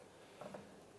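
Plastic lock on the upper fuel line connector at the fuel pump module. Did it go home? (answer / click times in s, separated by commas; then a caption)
no / none. Someone handles the plastic lock on the upper fuel line connector at the fuel pump module of a 2004-2012 Chevrolet Colorado, after the upper fuel line has been pressed fully on. Two brief low handling knocks sound around 0.4 to 0.55 s over quiet background. Nothing has seated or clicked yet; the lock has not snapped home.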